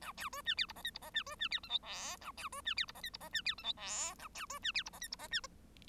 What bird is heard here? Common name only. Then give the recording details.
Bengalese Finch. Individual Bird1